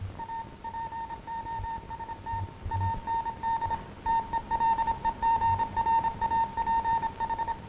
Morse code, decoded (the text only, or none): A POST AND TELEGRAPH